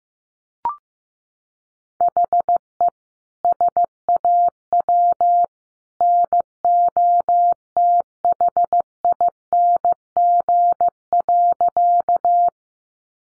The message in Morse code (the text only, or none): HE SAW NOTHING.